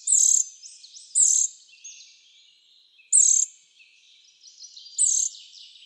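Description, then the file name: Eurasian nuthatch giving four high, sharp, down-slurred call notes at irregular intervals, each with a softer trailing tail, over a quiet background. "Sitta europaea"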